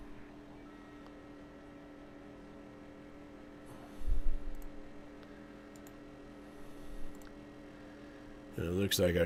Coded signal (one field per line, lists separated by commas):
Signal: FT8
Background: speech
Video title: Unlocking FT8: Live Q&A for New HAMs! Get Started with Digital Modes